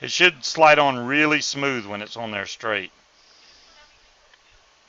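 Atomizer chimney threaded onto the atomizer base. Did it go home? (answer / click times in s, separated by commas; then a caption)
no / none. A metal chimney is screwed onto a rebuildable vape atomizer base while someone talks for the first three seconds, followed by near silence with a faint tick at about 4.3 s. The chimney catches partway instead of sliding on smoothly, a sign that it is cross-threaded, and nothing has seated yet.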